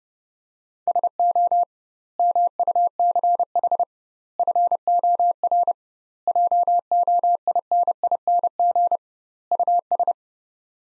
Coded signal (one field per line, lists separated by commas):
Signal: Morse code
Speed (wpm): 30 wpm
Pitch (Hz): 700 Hz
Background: none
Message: SO MUCH FOR JOINING US